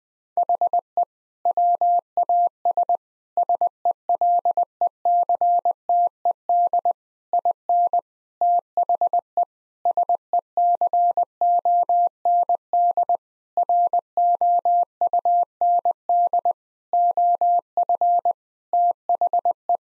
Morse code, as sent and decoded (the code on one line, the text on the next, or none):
.... . / .-- .- ... / ... . .-.. . -.-. - . -.. / .. -. / - .... . / ... . -.-. --- -. -.. / .-. --- ..- -. -.. / --- ..-. / - .... .
HE WAS SELECTED IN THE SECOND ROUND OF THE